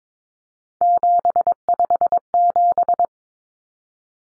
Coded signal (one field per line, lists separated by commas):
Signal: Morse code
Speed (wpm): 22 wpm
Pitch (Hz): 700 Hz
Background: none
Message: 757